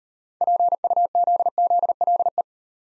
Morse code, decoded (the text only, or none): PUZZLE